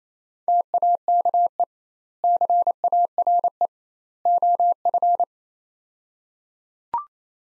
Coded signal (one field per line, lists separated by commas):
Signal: Morse code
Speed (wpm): 28 wpm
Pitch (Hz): 700 Hz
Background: none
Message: TAKE CARE OF